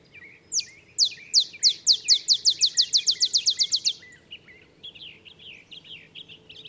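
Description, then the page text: Olive sparrow song: a run of many sharp, down-slurred chip notes that speeds up over about three seconds, followed by soft chattering calls. Olive sparrow singing in the early morning in Texas, 50 miles north of the Mexican border; simple songs like a field sparrow's bouncing-ball song, though neither so mellow nor so melancholy. "Birdsong for the Curious Naturalist. songs Olive Sparrow. Recording early morning just 50 miles north of the Mexican border in Texas"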